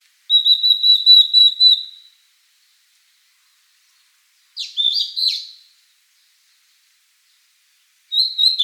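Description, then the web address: Blue-and-white flycatcher song: a long, slightly wavering high whistle, then a quick tumbling phrase of slurred notes, with a new phrase starting at the end. Recorded on 7 May 2014. "birdenaga ooruri 140507"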